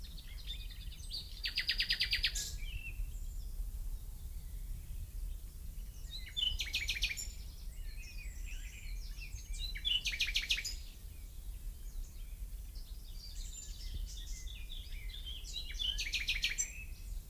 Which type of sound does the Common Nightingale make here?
song